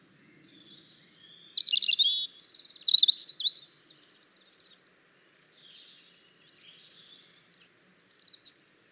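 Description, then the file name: European robin song: a two-second burst of rapid, tinkling high notes and trills, followed by scattered faint high chirps. "Erithacus rubecula"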